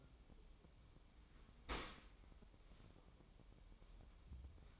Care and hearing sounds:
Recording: daily activity, microphone in the room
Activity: open dishwasher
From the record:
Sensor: 1

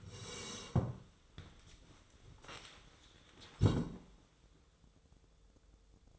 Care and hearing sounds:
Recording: daily activity, microphone in the room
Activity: sit down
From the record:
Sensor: 3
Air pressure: 1005.3 hPa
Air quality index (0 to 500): 96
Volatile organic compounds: 3 ppm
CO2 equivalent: 1504 ppm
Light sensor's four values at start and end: 8/19/8/8 and 10/22/9/9

